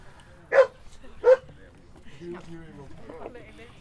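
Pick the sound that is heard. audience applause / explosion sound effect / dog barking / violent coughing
dog barking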